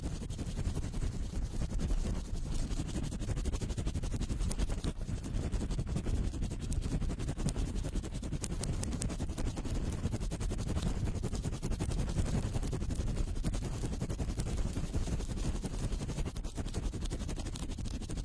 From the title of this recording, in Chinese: 高速、暴力清理耳朵